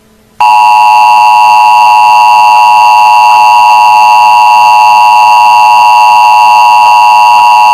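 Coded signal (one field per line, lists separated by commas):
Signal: Emergency Alert System (SAME) tones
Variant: 853 and 960 Hz attention tone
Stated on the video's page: Mock tornado warning with valid SAME tones, made as an audio test for future mocks.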